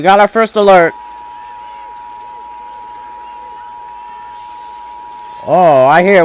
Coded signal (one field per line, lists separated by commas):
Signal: Emergency Alert System (SAME) tones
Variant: 853 and 960 Hz attention tone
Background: speech